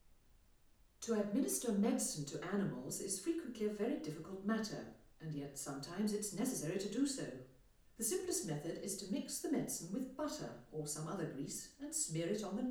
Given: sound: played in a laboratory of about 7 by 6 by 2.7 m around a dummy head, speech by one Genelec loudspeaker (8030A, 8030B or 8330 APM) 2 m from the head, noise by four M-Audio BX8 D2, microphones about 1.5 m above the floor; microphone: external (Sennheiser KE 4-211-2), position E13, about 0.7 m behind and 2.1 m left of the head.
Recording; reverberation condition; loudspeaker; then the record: female speech in English; medium; 30 degrees to the right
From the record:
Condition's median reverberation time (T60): about 510 ms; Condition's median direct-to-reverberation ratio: about -0.5 dB